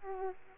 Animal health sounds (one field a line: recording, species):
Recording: mosquito wingbeat signal from an infrared sensor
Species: Aedes aegypti